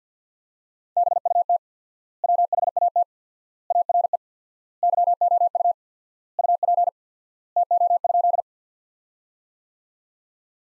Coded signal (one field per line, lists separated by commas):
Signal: Morse code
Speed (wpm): 50 wpm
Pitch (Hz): 700 Hz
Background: none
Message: BUT WHAT ARE YOU UP TO?